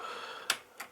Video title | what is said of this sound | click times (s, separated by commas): Repair Of A 1940 Zenith 6-S-556 Console Tube Radio | and when you press it in it's supposed to unlock it it does | 0.5 s